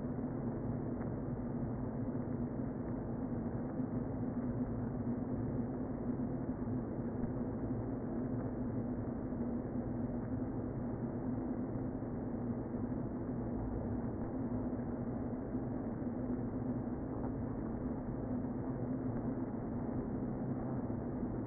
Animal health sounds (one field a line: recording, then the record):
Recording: honeybee colony, microphone inside the hive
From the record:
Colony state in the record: queen present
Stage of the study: before two queens were removed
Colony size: about 60,000 bees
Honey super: yes